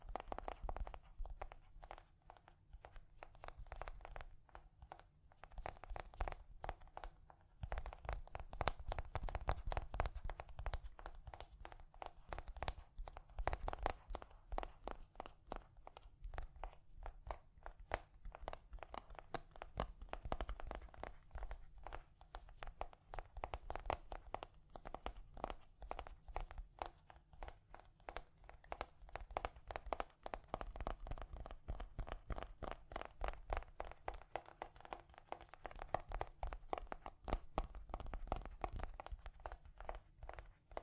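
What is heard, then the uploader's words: Gentle tapping runs throughout in a dense, irregular patter of quick soft taps with a crinkly, papery edge and a low thud beneath. ASMR Gently Tapping You to Sleep (No Talking).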